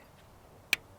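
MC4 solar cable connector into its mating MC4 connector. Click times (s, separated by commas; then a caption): 0.7 s. Two halves of a plastic MC4 DC solar cable connector are pushed together into each other until the latch engages, producing a single sharp, bright click at 0.7 s against a quiet background. The connector is seated and locked, ready for the gland nut to be tightened; a properly made DC connection matters because poorly terminated DC can cause fires.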